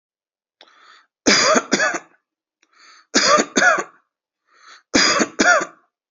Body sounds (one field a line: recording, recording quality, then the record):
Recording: shallow voluntary cough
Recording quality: excellent, no background noise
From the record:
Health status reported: exposed to COVID-19, no respiratory illness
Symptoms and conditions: sore throat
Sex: male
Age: 42 years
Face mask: not worn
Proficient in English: yes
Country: India